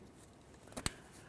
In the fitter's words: Listen for the click.